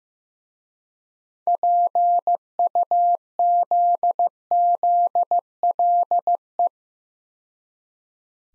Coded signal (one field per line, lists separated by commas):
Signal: Morse code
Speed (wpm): 15 wpm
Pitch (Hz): 700 Hz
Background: none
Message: PUZZLE